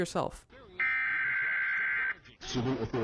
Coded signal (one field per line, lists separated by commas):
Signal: Emergency Alert System (SAME) tones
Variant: header bursts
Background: speech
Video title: The Community Behind the Emergency Alert System